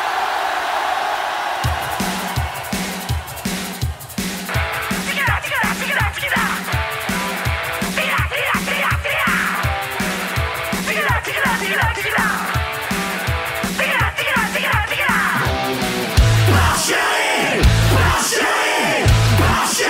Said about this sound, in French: On va écouter un petit peu de musique là, que j'avais mis de côté pour vous.